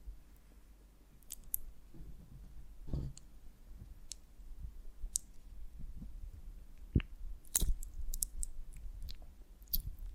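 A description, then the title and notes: Honeycomb on a branch being handled, with sharp sticky clicks and crackles scattered irregularly through the ten seconds, clustering more densely after the seventh second. Soft low thumps and rubbing sounds sit underneath, with a brief muffled rustle near the three-second mark. ASMR of a Honeycomb on Branch (No Talking).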